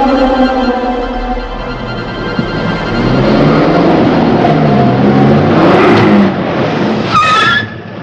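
A car engine hums steadily at first, then swells into a louder, rougher drive with some revving, before a brief rising whine near the end as the engine sound drops away.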